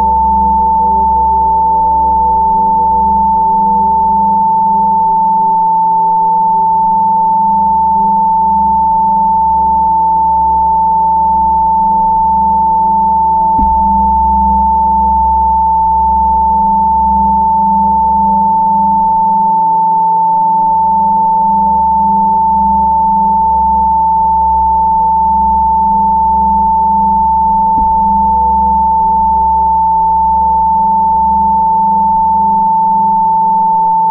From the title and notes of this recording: 888 HZ | Tibetan Bowls of Plenty.